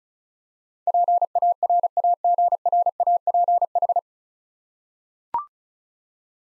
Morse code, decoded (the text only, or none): PARAGRAPH